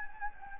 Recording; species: mosquito wingbeat signal from an infrared sensor; Anopheles gambiae